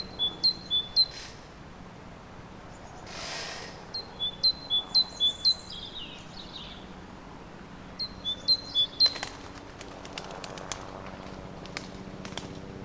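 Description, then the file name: Great tit song in three short bursts of paired high and low notes, with rustling and a run of clicks and scratchy sounds toward the end. "Parus major"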